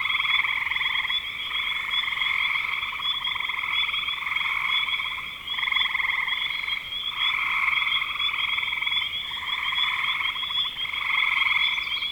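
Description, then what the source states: Steady frog chorus, repeated rattling trills from several callers overlapping, with gentle swells in loudness. Recorded in spring 2025.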